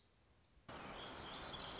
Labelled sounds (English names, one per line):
Black-throated Gray Warbler